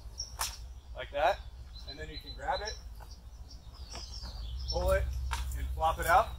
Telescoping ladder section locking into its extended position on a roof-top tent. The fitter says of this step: easiest way to do this is to pull the ladder out till it locks in place one click, like